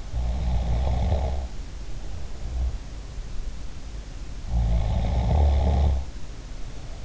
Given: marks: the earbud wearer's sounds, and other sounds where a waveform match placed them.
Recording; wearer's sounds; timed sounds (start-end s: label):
sounds in sleep by an in-ear microphone; snoring breath
0.12-2.92 s: snoring breath
4.42-7.05 s: snoring breath